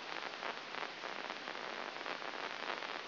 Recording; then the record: brain microelectrode recording played as sound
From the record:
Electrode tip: inside the subthalamic nucleus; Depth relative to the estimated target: 0 mm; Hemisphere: right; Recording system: AlphaMap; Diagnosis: Parkinson's disease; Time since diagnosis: 11 years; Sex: female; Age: 60 years